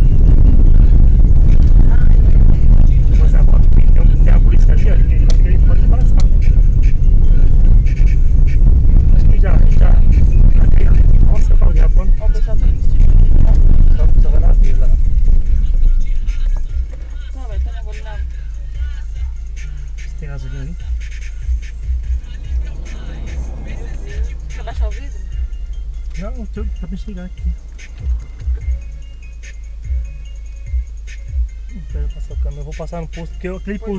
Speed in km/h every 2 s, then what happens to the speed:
44, 37, 36, 36, 35, 32, 23, 13, 6, 0, 0, 0, 0, 0, 0, 0, 0.
0-17 slows to 0. 17-34 standing.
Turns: none.